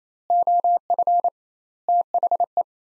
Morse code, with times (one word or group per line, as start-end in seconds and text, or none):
0.3-1.3 OF
1.9-2.6 THE